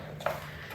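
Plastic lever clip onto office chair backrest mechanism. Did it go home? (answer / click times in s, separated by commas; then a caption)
yes / 0.3 s. A plastic lever clip for the backrest mechanism of a La-Z-Boy Calix Executive Office Chair is pushed up from the bottom onto the chair frame. A single sharp click is heard at 0.3 s as the clip seats in place.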